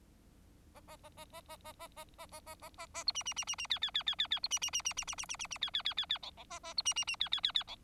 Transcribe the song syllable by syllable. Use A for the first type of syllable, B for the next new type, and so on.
A A A A A A A A A A A A A A A B C C C C C D D D D D D B C C C C C C C C C C D D D D D E E A A B C C C D D D D E